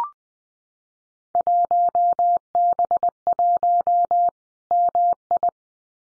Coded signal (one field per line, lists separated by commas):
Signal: Morse code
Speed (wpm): 20 wpm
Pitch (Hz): 700 Hz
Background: none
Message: 1B1 MI